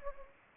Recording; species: mosquito wingbeat signal from an infrared sensor; Anopheles gambiae